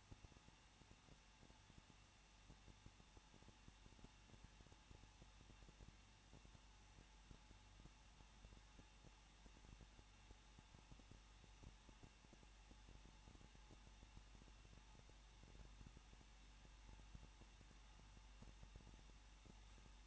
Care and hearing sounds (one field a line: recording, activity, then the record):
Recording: daily activity, microphone in the room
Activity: no activity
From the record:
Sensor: 1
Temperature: 20.1 degrees Celsius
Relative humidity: 39.2%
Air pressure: 1006.3 hPa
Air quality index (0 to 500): 217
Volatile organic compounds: 77 ppm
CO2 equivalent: 3579 ppm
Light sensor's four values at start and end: 1/2/1/1 and 1/2/1/1